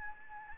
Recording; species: mosquito wingbeat signal from an infrared sensor; Anopheles gambiae